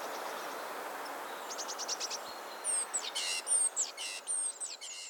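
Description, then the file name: Great tit calls: a quick series of thin high notes, then sharp chirps and short buzzy notes in the closing seconds, over a soft hiss. "Parus major"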